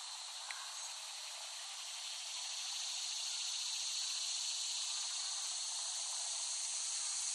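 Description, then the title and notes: Cicadas produce a continuous shrill buzz that grows louder after a couple of seconds, with a single sharp click near the start. Cicadas in West Brighton, Staten Island, late summer 2008, by Dan Bodah. "Dronecast No. 021: The Cicadas of Summer. Recording of cicadas made by Dan Bodah in West Brighton, Staten Island, late summer 2008"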